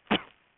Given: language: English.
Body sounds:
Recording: throat vibration sensor signal played as sound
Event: cough

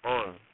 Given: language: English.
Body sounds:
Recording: throat vibration sensor signal played as sound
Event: speech

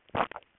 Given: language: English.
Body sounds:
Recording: throat vibration sensor signal played as sound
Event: swallow

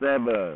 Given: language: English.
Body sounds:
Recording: throat vibration sensor signal played as sound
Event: speech

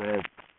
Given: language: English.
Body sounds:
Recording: throat vibration sensor signal played as sound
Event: speech

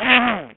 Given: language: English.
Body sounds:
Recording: throat vibration sensor signal played as sound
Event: throat clearing

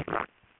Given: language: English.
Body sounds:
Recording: throat vibration sensor signal played as sound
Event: swallow

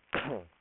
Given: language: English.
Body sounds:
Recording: throat vibration sensor signal played as sound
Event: cough

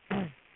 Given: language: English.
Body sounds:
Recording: throat vibration sensor signal played as sound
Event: throat clearing

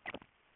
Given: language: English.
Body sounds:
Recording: throat vibration sensor signal played as sound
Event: swallow

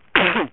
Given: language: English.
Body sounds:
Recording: throat vibration sensor signal played as sound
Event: cough

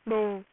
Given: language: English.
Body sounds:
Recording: throat vibration sensor signal played as sound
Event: speech

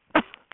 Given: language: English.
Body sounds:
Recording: throat vibration sensor signal played as sound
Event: cough

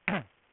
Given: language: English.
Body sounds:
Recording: throat vibration sensor signal played as sound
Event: throat clearing

